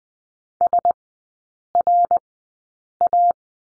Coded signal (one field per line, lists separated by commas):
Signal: Morse code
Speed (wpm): 20 wpm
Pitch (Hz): 700 Hz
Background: none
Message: SRA